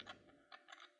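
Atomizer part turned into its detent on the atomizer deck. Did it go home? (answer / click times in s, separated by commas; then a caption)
no / none. An atomizer part on the deck of a Taifun GT II Air vaporizer is turned backwards by hand during a rebuild, toward a detent it clicks one notch into. Short, light ticking sounds come at about 0.0, 0.1, 0.5 and 0.7 seconds. Nothing has seated or clicked into place yet.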